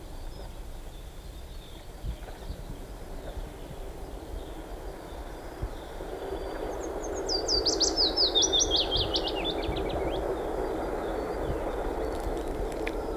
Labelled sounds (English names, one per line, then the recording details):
Willow Warbler song
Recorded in the wild
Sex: male
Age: adult
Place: Miroslawiec, Pojezierze Waleckie, Westpommern, PL
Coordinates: 53.3358, 16.065
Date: 1966-05-11 10:45
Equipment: Nagra III BH
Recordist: Schubert, Michael